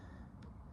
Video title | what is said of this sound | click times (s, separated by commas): Replacing the Reverse Bulbs on my 1993 Cadillac Fleetwood Brougham! | Just like that, we can hear it click, and now we can reinstall it back into the housing. | 0.4 s